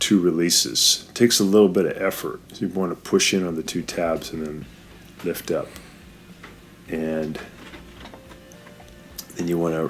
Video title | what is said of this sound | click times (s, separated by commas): Freezer Full of Ice: The Real Problem | You lift it up about 1/4 of an inch and you'll hear it click up, and that releases the geared wheel. | 9.2 s